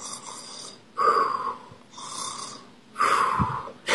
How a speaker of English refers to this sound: That is snore.